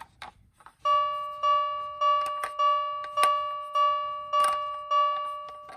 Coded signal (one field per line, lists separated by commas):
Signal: none